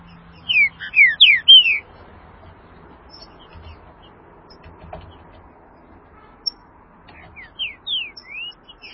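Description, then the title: Green-winged saltator delivering a loud phrase of rich descending whistled notes, then silence with faint background hum before a softer series of slurred whistles. "Trinca Ferro"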